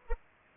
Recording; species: mosquito wingbeat signal from an infrared sensor; Culex pipiens